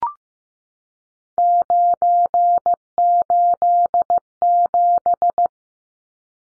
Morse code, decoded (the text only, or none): 987